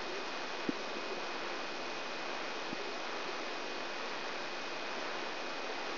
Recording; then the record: brain microelectrode recording played as sound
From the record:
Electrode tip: outside the subthalamic nucleus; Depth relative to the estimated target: 3.6 mm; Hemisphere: left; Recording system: AlphaMap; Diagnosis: Parkinson's disease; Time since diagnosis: 9 years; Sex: female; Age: 63 years